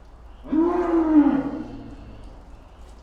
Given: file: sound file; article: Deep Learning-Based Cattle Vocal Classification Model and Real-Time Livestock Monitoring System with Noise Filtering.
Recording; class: cattle; normal call